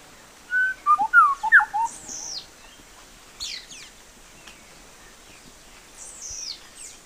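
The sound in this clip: Bird calls: a rapid cluster of short whistled downslurred notes, then a few thin, very high descending sweeps against steady background hiss.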